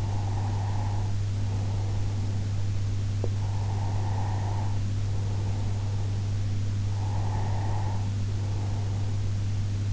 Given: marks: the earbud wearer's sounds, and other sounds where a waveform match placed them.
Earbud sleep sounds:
sounds in sleep by an in-ear microphone; breath
0.00-2.71 s: breath
3.58-6.55 s: breath
6.85-9.37 s: breath

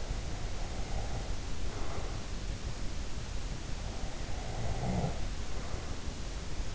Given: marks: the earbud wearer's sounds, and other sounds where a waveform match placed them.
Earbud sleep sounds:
sounds in sleep by an in-ear microphone; breath, snoring breath
0.87-2.42 s: breath
4.62-6.04 s: snoring breath

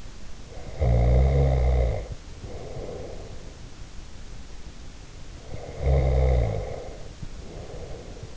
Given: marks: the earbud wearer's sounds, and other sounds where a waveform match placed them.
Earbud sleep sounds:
sounds in sleep by an in-ear microphone; snoring breath
0.51-3.56 s: snoring breath
5.38-8.37 s: snoring breath

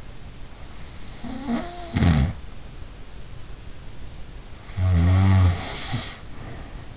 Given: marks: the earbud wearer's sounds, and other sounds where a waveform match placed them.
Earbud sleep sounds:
sounds in sleep by an in-ear microphone; snoring breath
0.55-2.38 s: snoring breath
4.61-6.97 s: snoring breath

